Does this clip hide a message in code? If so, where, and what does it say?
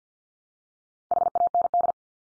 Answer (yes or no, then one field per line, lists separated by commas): yes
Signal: Morse code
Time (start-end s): 1.1-1.9 s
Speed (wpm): 50 wpm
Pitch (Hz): 700 Hz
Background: none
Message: HAND